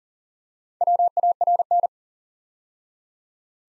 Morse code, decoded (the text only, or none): WARN